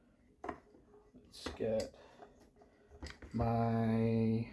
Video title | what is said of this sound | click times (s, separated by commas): Stihl MS 201 TC Wiring Harness Replacement | it snaps right in | 0.4 s